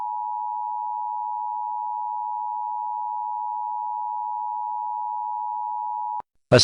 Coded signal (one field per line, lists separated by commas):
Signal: Emergency Alert System (SAME) tones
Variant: 853 and 960 Hz attention tone